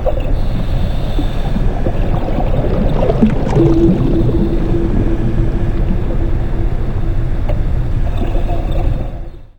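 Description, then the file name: Whale moaning, a flat low tone of a few seconds in the middle, set against heavy low rumble that fades out at the end. Recorded underwater. "Whale Sounds - Underwater Freedom"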